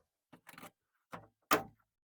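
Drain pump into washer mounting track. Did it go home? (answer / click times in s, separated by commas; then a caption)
yes / 1.5 s. A drain pump from an LG front-load washing machine is slid onto its plastic mounting track in the washer, with the square tab guided into the track. After a few quieter scraping and sliding sounds, a sharp click at 1.5 s marks the pump snapping into place, seated in the track.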